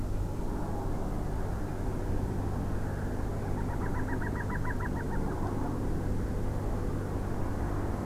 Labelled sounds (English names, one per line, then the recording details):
Common Cuckoo
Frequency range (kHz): Common Cuckoo 1.2-2.1 kHz
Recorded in France